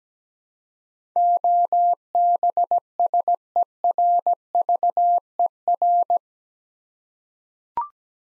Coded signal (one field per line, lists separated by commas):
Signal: Morse code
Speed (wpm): 17 wpm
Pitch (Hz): 700 Hz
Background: none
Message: OBSERVER